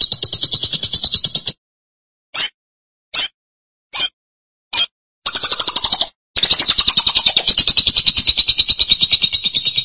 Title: BM Suara Burung Lovebird